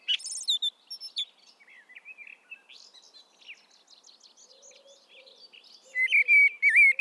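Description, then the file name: Common blackbird fluted warble opening and closing a stretch of soft varied twittering, with a low soft hooting in the background. "Turdus merula"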